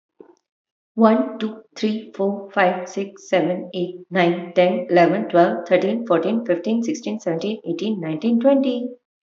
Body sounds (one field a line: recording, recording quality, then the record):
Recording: counting at a fast pace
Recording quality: excellent, no background noise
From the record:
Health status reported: healthy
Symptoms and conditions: none ticked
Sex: female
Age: 31 years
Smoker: not ticked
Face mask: not worn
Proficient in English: yes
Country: India